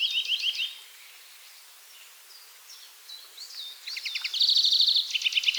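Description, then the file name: European greenfinch with a short chirping trill, a pause of soft slurred notes, then a loud buzzy trill and rattling chirps. "Chloris chloris"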